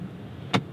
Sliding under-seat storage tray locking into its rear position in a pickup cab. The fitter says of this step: it there solid pull it back snap it there solid so